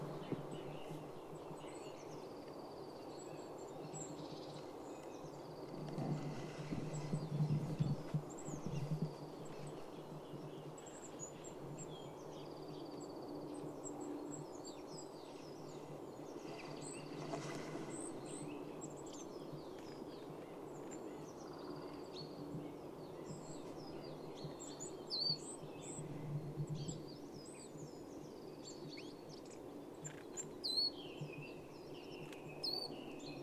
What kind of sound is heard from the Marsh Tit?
call